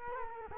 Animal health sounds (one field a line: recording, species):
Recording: mosquito wingbeat signal from an infrared sensor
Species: Culex quinquefasciatus